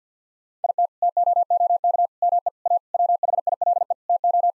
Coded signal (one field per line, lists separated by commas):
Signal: Morse code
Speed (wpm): 50 wpm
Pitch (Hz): 700 Hz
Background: none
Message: IT TOOK ME A WHILE TO